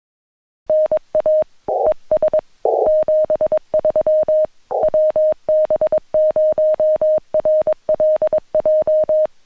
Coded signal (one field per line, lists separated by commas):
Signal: Morse code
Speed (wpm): 22 wpm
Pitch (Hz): 620 Hz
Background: music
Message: NA ES 73 WB0RLJ